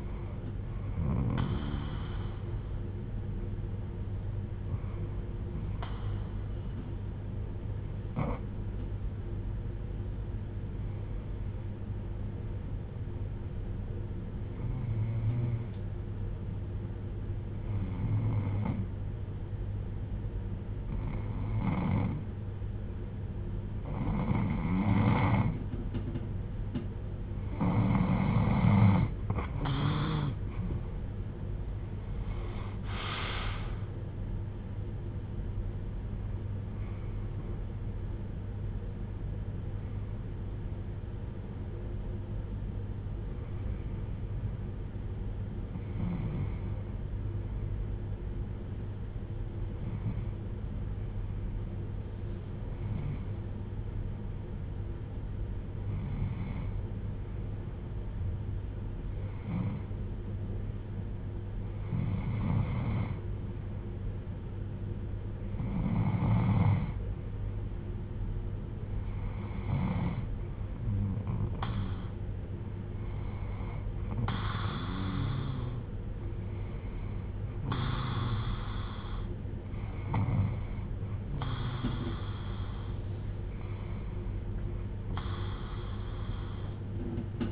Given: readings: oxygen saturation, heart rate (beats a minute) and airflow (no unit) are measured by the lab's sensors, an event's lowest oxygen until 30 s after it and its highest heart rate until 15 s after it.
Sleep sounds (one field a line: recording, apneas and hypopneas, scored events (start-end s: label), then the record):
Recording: breathing in sleep by a smartphone at the bedside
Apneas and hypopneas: 2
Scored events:
3.00-34.10 s: hypopnea (N2, oxygen 97% highest, then 88% lowest)
42.00-69.60 s: hypopnea (N2, oxygen 96% highest, then 91% lowest)
From the record:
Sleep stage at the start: N2 (light sleep)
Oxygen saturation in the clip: 88 to 97%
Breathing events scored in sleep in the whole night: 310 in 8.1 hours asleep